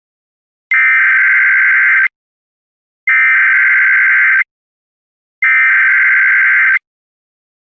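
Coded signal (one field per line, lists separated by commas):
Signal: Emergency Alert System (SAME) tones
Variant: header bursts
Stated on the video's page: Fictional EAS scenario.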